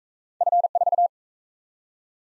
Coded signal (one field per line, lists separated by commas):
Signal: Morse code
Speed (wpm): 38 wpm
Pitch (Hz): 700 Hz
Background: none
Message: F4